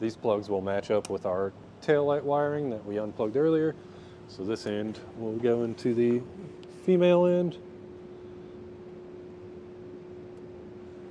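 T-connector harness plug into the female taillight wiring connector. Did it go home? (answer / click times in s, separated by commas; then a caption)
no / none. A Curt T-connector wiring harness plug for a 2020 Hyundai Ioniq is brought up to the female end of the taillight wiring connector and lined up before plugging in. Someone talks through the first seven and a half seconds over a steady low hum. Nothing has seated or clicked yet.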